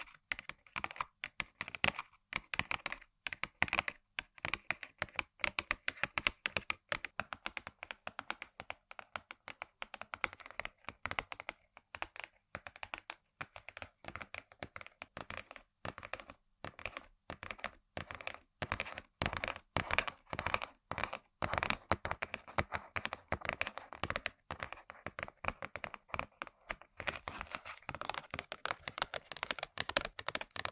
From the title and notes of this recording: ASMR Tapping & Scratching On Random Objects (No Talking).